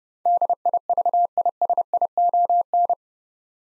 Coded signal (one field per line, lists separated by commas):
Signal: Morse code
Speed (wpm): 29 wpm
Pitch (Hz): 700 Hz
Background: none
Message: DIVISION